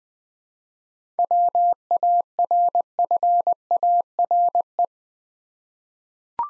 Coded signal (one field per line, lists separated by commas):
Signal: Morse code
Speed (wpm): 20 wpm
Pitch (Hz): 700 Hz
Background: none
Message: WARFARE